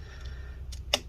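A screw for the bottom cover of an HP Pavilion Gaming Laptop 15-cx0045nr is turned backwards in its plastic-threaded hole until the thread start drops into place. After a faint tick at 0.7 s, a sharp, bright click is heard at 0.9 s over a low background hum. The screw thread has seated.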